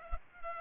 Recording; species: mosquito wingbeat signal from an infrared sensor; Culex pipiens